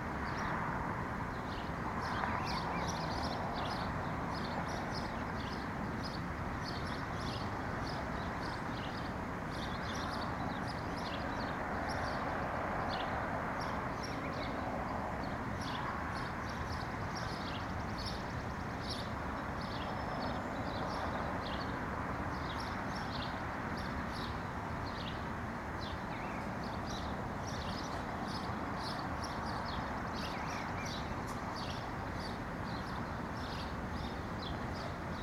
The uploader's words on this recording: Nature in the Neighborhood White Noise. Nature sounds of your neighborhood.